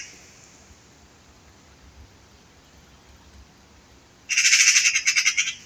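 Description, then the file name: Eurasian magpie bursting into a loud, rasping rattle of rapid pulses near the end, after several seconds of near silence. "Pica pica"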